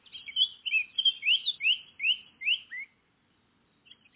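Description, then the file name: Eurasian blackcap song: a short chattering warble leading into a series of loud, clear, rising whistled notes, then silence with a few faint notes at the end. "Sylvia atricapilla"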